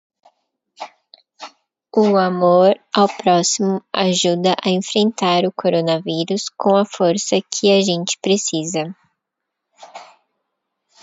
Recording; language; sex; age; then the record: spoken sentence; Brazilian Portuguese; female; 30 to 39 years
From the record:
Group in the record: control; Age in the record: 33 years